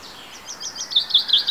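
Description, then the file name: Common chaffinch notes: a short series of thin, high, chipping notes that grow louder toward the end, over a soft background hiss. "Fringilla coelebs"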